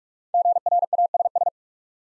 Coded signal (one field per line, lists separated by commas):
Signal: Morse code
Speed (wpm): 44 wpm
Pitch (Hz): 700 Hz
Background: none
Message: GRASS